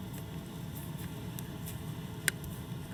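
A threaded cap is screwed onto the adapter of a low-voltage deck lighting wire connector over a low, steady rustling background with a few faint ticks. The cap clicks home with one sharp click at 2.3 s, and it is seated.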